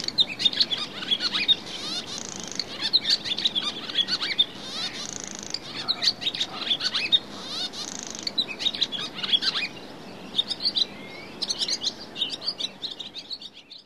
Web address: bbc Bird Song Site Swallow, barn - Hirondelle